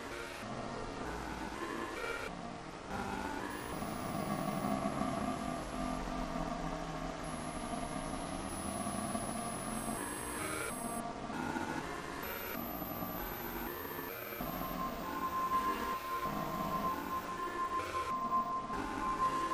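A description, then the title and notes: Digitally processed sound of Niagara Falls forms a dense, continuous low grumble with groaning, engine-like drones. Sustained tones come and go, including a steady higher tone in the last five seconds, and short bright whistles flicker near the top. A three hour composition for headphones. The piece is tones, grumbles, wa-wa’s, groans, beats and other sounds created through digital signal processing of Niagara Falls.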